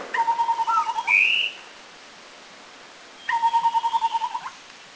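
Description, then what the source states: Taiwan scimitar babbler giving rapid series of low whistled notes, repeated twice, with a short higher rising whistle after the first series. Recorded at Anmashan, Taiwan, in April 2010.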